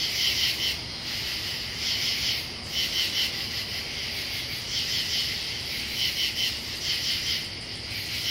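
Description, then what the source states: Katydids chorusing with dry, rasping pulses that swell into bursts at intervals, over a steady high insect hiss. Pennsylvania.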